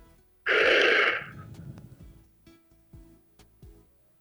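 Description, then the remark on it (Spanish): A loud, breathy exhale of a deep breath rushes out through the mouth for about half a second during a relaxation exercise, then trails off into quiet, followed by a few soft, low thumps and rustles. “Vamos a hacer una respiración bien profunda ahora y vamos a soltar por la boca.”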